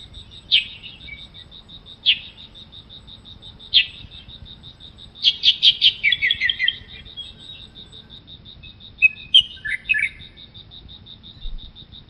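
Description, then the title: Light-vented Bulbul giving sharp chirping notes, single calls spaced about every one and a half seconds, then a quick chattering burst and a short twittered phrase, over a steady pulsing insect trill. Noted during birdwatching at Baiyangdian, China; nicknamed the 'centenarian' (百岁老翁). "家住白洋淀——我的观鸟笔记 “百岁老翁”白头鹎"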